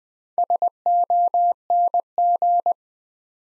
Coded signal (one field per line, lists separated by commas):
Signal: Morse code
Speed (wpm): 20 wpm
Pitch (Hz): 700 Hz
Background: none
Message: SONG